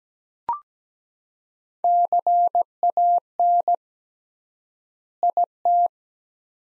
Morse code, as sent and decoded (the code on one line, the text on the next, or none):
-.-. .- -. / .. -
CAN IT